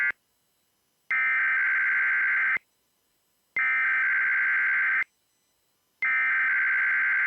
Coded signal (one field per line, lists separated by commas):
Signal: Emergency Alert System (SAME) tones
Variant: header bursts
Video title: EAS 3911-3919: Sunday Morning EAS Tests + SOME Relays From 10/23/22